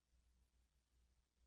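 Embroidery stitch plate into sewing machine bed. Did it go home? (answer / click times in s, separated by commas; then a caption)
no / none. A metal embroidery stitch plate (the straight stitch or cutwork plate), swapped in for the sewing stitch plate, is handled over the bed of a BERNINA sewing/embroidery machine before being pressed down to snap into place. Only a low, steady hum with faint handling noise is heard, and no one talks. Nothing has seated or clicked yet.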